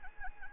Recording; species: mosquito wingbeat signal from an infrared sensor; Anopheles arabiensis